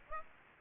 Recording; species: mosquito wingbeat signal from an infrared sensor; Aedes aegypti